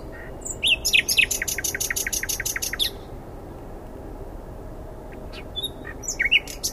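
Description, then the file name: Common nightingale song: a rapid burst of repeated loud chirps for about two seconds, quiet, then a few sharp notes at the end. "Luscinia megarhynchos"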